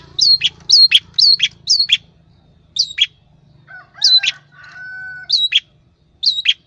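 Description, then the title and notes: Long-tailed shrike song: quick clusters of sharp down-slurred notes, then sparser repeats, with a soft, steady lower whistle in the middle. Training recording for cage birds (masteran). "Cendet 07. Masteran Burung Cendet"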